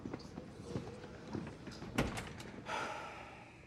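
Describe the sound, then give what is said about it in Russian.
A door in an office is opened and shut, with a few sharp clicks and thumps of the latch and frame, then a longer scraping swing near the end. Fairly quiet overall, with no one speaking. “встает и открывает им дверь.”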